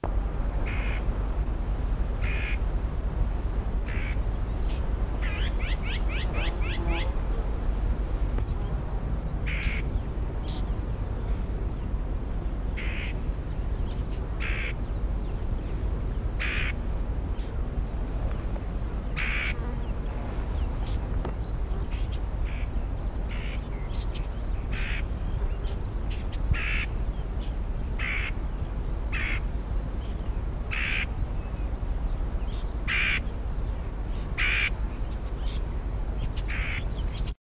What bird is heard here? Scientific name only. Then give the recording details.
Sylvia communis. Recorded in the wild. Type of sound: alarm call, begging call. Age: diverse. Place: Neustadt am Rübenberge, OT Schneeren, Mecklenburg-Vorpommern, DE. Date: 1981-06-27. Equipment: Halbspur, 9,5 cm/s. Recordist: Lütgens, Hans. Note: Flügge Junge betteln, Alte warnen